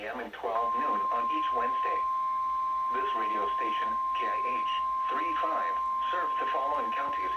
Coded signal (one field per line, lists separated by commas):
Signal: Emergency Alert System (SAME) tones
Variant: 853 and 960 Hz attention tone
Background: speech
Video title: KIH35 RWT (5/3/21) EAS 238